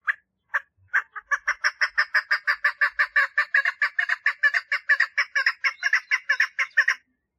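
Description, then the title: Partridge giving a couple of separate grating notes, then a sustained rhythmic series of coarse chuck calls. "Perdiz Cantando"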